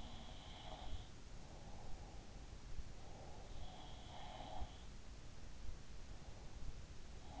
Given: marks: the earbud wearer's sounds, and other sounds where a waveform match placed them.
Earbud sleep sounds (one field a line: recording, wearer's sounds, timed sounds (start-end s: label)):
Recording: sounds in sleep by an in-ear microphone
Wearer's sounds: breath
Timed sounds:
0.00-4.75 s: sound from someone else or the room
1.41-3.59 s: breath